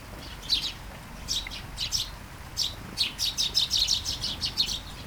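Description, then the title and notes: Sparrow chirps in scattered bursts, then a quicker run of repeated bright chirps in the second half, over a faint rain hiss. Flying sparrows in a garden at Taastrup, Denmark, early morning during a light shower; recorded on a Sony PCM-D100 with internal mics. "Kærengen 8, 2630 Taastrup, Denmark - Flying sparrows. Flying sparrows in the garden, early morning. Light shower. Vols de moineaux dans le jardin, au petit matin. Pluie fine"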